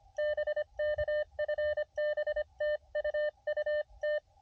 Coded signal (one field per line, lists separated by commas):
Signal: Morse code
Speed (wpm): 24 wpm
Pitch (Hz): 600 Hz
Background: none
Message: BK FB TU UT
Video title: ATNO CW POTA